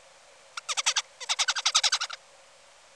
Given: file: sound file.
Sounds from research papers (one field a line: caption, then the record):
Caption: Song of bird #5 (55 days post-hatch).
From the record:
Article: Common Features of Neural Activity during Singing and Sleep Periods in a Basal Ganglia Nucleus Critical for Vocal Learning in a Juvenile Songbird